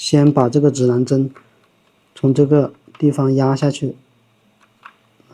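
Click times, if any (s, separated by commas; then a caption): 4.9 s. Someone talks while a technician presses a new compass flex cable connector down onto its socket on the core board of a DJI Mavic 3T drone. After the talking stops, one sharp click at 4.9 s marks the connector pressing home and seating.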